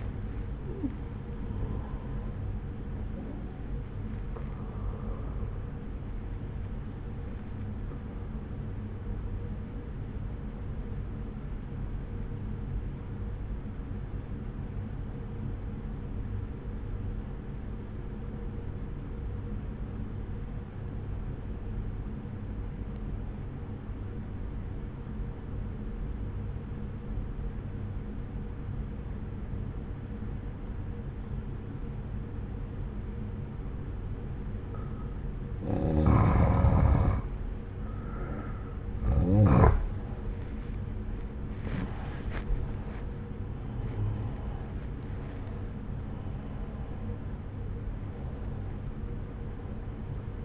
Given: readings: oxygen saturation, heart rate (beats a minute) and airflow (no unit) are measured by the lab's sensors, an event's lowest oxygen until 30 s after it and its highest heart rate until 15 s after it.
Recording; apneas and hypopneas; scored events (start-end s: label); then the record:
breathing in sleep by a smartphone at the bedside; 1
11.00-36.60 s: obstructive apnea (N1, oxygen 95% highest, then 88% lowest, heart rate 62 at the start, 80 highest)
From the record:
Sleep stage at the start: N1 (lightest sleep); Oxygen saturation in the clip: 85 to 95%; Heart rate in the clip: 61 to 80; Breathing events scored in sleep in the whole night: 303 in 8.1 hours asleep